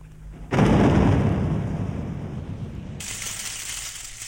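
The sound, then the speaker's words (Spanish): A sudden, loud crack of thunder breaks into a deep rolling rumble that slowly fades, and then a bright steady hiss of heavy rain sweeps in beneath it. “A todo esto la lluvia arreció y tuvo que marcharse desafiando la tormenta para ir en ayuda de sus amigos los insectos, a quienes un aguacero intenso pone en graves aprietos.”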